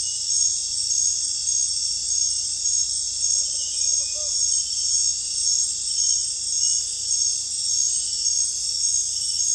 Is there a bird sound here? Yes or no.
yes